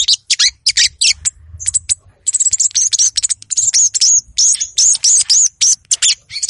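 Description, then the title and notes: Little Spiderhunter song: excited high chipping, a short pause, then a run of repeated arched whistled notes, loud and insistent. Vigorous, agitated song (gacor, emosi) used as a lure to call out and provoke rival birds. "PANCINGAN SOGON GACOR MEMANGGIL LAWAN‼️ SOGON GACORDOR EMOSI BIKIN LAWAN JADI. sogok ontong"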